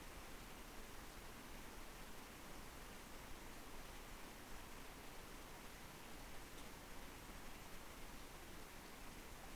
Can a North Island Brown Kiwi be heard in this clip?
no